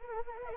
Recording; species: mosquito wingbeat signal from an infrared sensor; Anopheles arabiensis